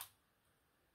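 A DDR5 SO-DIMM memory stick, inserted diagonally into the memory slot of an MSI Thin A15 gaming laptop, is pressed down until the side retention clips snap shut. A single sharp, bright click is heard at 0.0 s, then the sound fades into quiet. The module is seated.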